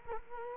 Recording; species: mosquito wingbeat signal from an infrared sensor; Culex quinquefasciatus